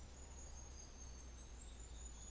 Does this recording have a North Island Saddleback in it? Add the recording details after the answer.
no. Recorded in New Zealand on 24 December 2018. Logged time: 14:55